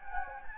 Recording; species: mosquito wingbeat signal from an infrared sensor; Anopheles gambiae